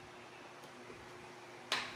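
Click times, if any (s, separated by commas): 1.7 s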